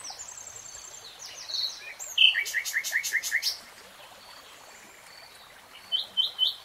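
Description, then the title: Nightingale song: faint high notes, then a brisk phrase of loud repeated notes over about a second, with soft chirps near the end. Three-hour real-time recording of a nightingale singing. "[Tiếng chim hót] 3 Hours REALTIME Nightingale Singing"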